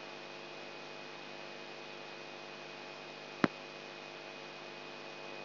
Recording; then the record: brain microelectrode recording played as sound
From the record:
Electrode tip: outside the subthalamic nucleus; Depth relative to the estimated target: -4 mm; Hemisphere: right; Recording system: AlphaMap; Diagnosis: Parkinson's disease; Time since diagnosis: 8 years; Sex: male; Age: 59 years